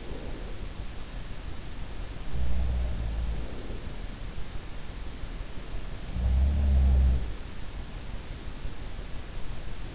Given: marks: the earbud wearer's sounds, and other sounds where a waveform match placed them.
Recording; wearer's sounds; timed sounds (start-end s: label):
sounds in sleep by an in-ear microphone; breath
0.00-0.55 s: breath
2.26-3.88 s: sound from someone else or the room
6.17-7.43 s: sound from someone else or the room